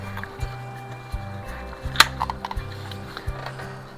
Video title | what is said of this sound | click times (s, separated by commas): Playmates STAR TREK The Movie Collection U.S.S. Excelsior NCC-2000 Electronic Starship (1995) | this one really takes a lot to snap into place got to make sure I don't damage it | 2.0 s